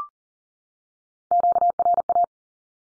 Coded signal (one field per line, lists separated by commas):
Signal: Morse code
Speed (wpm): 40 wpm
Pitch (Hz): 700 Hz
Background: none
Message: QRA